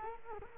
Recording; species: mosquito wingbeat signal from an infrared sensor; Culex quinquefasciatus